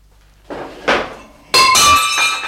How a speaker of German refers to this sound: Verflixt nochmal. Jetzt habe ich eine chinesische Vase umgeworfen. Ein griechischer Weinkrug. Der ist kaputt.